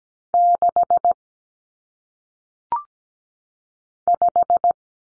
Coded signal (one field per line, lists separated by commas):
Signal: Morse code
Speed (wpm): 17 wpm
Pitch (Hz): 700 Hz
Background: none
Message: 6 5